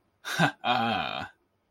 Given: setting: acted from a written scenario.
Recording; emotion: vocal sound without words; triumph